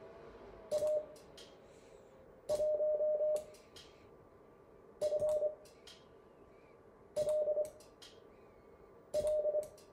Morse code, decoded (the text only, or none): A1FLL